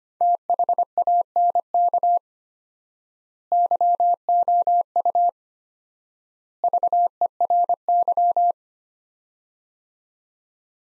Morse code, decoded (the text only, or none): THANK YOU VERY